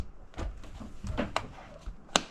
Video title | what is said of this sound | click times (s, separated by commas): THIS IS SO UNEXPECTED!!! | And then you put until it clicks. | 1.4 s, 2.2 s